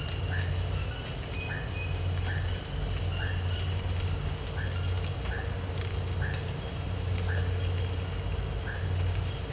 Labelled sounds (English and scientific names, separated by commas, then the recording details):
none
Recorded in dense forest near Puerto Asís, Putumayo, Colombia, on 19 March 2025 at 04:00
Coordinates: 0.468, -76.322
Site GP01